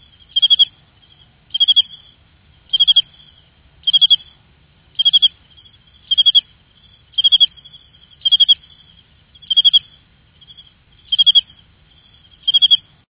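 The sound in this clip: Cricket giving brief buzzy pulsed chirps, one roughly each second, about eleven in a row, with a faint low rumble underneath.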